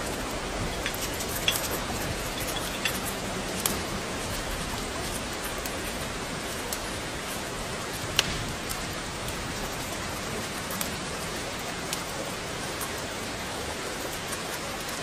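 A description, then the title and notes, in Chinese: Rain falls steadily while a fire burns, a dense, even hiss filling the whole clip. Sharp little crackles and pops break through every second or two, a louder snap around the middle, over the unchanging patter. 雨天烤火声丨白噪音。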